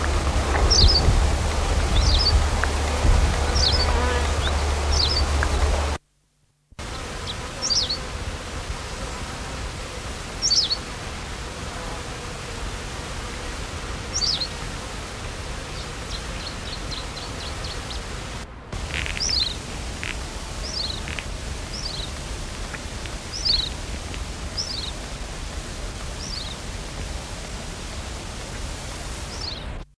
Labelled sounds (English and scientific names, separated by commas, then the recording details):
Berthelot's Pipit (Anthus berthelotii) call
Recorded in the wild
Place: Teneriffa, Kanarische Inseln, Provinz Santa Cruz de Tenerife, ES
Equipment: Halbspur, 9,5 cm/s
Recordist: Lütgens, Hans
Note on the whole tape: Las Cañadas